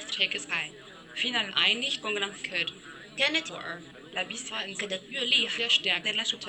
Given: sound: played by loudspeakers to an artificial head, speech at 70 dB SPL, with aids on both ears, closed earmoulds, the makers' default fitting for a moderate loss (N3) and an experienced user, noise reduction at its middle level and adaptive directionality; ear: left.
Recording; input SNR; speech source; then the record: speech test signal (ISTS) in cocktail-party noise; +6 dB; in front (0 degrees)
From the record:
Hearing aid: class 1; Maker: C